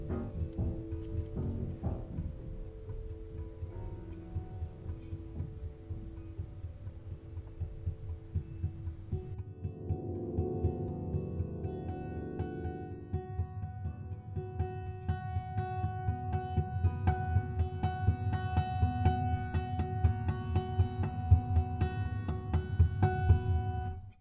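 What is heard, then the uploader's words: A prepared piano is improvised on, with dull thudding low notes and muted buzzing tones repeating in an uneven pulse. Around ten seconds the sound darkens into a murky rumble, then brighter struck metallic pings and sustained ringing notes build and grow louder toward the end. A Prepared Piano. This is one of many experimental improvisation behind my prepared piano.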